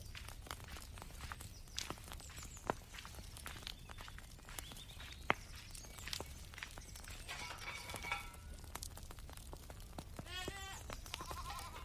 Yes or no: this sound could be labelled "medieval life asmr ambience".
yes